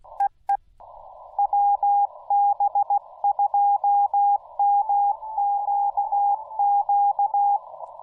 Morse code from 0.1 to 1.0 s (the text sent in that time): EE